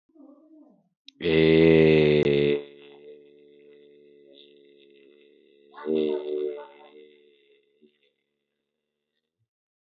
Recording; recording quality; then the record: sustained vowel as in made; excellent, no background noise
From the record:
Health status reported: respiratory illness, not identified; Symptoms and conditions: cough, breathing difficulty, sore throat, diabetes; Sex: male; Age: 30 years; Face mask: not worn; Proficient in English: no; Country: India